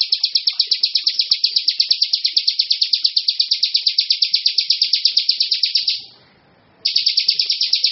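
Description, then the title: Bar-winged prinia song, rapid evenly repeated chirps for six seconds, a short break, then the fast series resumes. "Suara Burung Ciblek"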